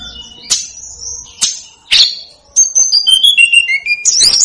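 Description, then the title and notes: Snowy-browed flycatcher song: three sharp high notes, then a descending series of thin whistles ending in a burst. Masteran training recording for songbirds. "Masteran Tledekan Gunung Sikatan Gunung. BURUNG TLEDEKAN"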